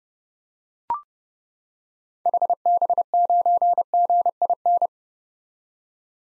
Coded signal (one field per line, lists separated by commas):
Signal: Morse code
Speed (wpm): 32 wpm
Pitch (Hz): 700 Hz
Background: none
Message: HB9GIN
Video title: 2023 SOTA Activator Call Signs - 30wpm